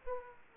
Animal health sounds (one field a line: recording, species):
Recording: mosquito wingbeat signal from an infrared sensor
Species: Aedes aegypti